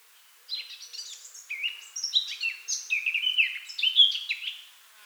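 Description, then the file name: Eurasian blackcap singing a lively warble of mixed twittering and clear flute-like notes, then tapering off. "Sylvia atricapilla"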